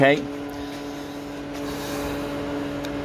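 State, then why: Not seated. An LPG pump filler nozzle is being handled on a van's LPG tank filler inlet, with the nozzle lever being pulled back to lock on. Someone briefly talks at the start over a steady hum with tonal lines, and a small sharp sound comes near 2.9 s. Nothing has seated or clicked into place yet.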